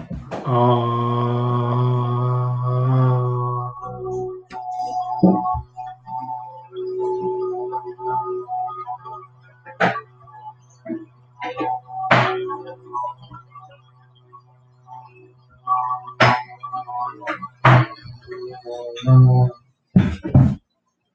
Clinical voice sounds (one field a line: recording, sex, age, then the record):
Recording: vowel held as long as possible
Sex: male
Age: 30 to 39 years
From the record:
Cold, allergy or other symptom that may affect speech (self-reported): no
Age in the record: 34 years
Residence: Hawaii, United States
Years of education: 12